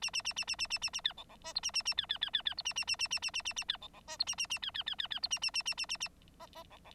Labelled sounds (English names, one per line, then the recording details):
Bengalese Finch song
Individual Bird9